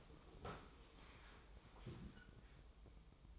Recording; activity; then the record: daily activity, microphone in the room; sit down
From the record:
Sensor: 1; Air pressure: 1005.1 hPa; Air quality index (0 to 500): 124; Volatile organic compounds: 5 ppm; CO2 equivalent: 1739 ppm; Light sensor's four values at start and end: 11/26/11/11 and 11/27/11/12